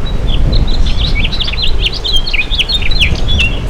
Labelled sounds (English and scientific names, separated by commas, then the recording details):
House Finch (Haemorhous mexicanus) song
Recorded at East Hampton on Long Island, New York, on 15 June 2013
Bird B